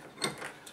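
A plastic insulation-displacement connector is pressed onto a flat ribbon cable by slowly tightening a padded bench vise. A sharp click at 0.2 s marks the connector crimping home and seating fully, followed by a fainter tick near 0.7 s.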